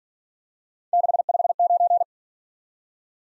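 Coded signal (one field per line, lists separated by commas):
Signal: Morse code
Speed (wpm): 49 wpm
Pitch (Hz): 700 Hz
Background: none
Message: 659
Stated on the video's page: Morse practice of three-character letter-number combinations, starting fast and slowing to a base speed, the fastest being 1.5 times the slowest, with a final repeat at maximum speed.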